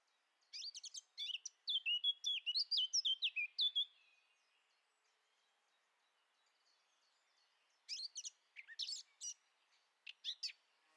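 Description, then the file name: Eurasian blackcap song: a scratchy warble sliding into a run of clear, fluty descending whistles, then a pause and a second chattering burst of high notes. "Sylvia atricapilla"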